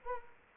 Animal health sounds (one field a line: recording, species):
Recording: mosquito wingbeat signal from an infrared sensor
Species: Anopheles arabiensis